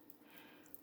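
A metal jump ring holding a snowflake charm on a memory wire bracelet is squeezed shut with pliers. Two sharp, bright metal clicks sound at 0.1 s and 0.7 s as the ring ends rub past each other, with a softer tick just before the second one. The clicks show the ring is closed tight.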